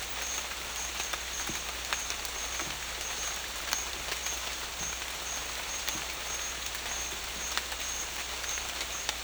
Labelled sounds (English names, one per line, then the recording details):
none
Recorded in dense forest near Puerto Asís, Putumayo, Colombia, on 21 December 2024 at 10:30
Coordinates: 0.486, -76.317
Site G003